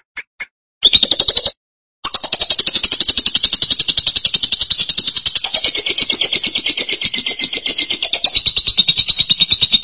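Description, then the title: Lovebird calls: two quick high chips, a brief harsh burst, a gap, then a long, unbroken run of shrill, rapidly pulsed chattering. "BM Suara Burung Lovebird"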